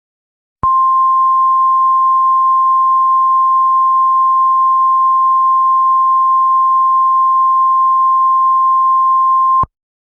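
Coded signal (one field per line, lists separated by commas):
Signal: Emergency Alert System (SAME) tones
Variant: 1050 Hz attention tone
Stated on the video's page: Fictional ash-fall EAS scenario, a simulated alert inspired by another creator's scenario.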